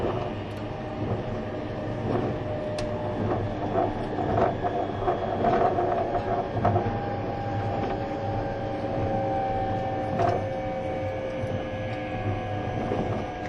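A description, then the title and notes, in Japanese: Running sound of a vehicle in motion, much like a train: a steady, dense rumble with a sustained mid-pitched whine humming through it the whole time. Scattered clicks and knocks break in now and then, sharpest near 3 and 10 seconds. E257系 あずさ19号03 甲府～松本。音の旅(走行音)。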